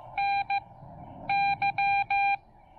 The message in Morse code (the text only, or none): NY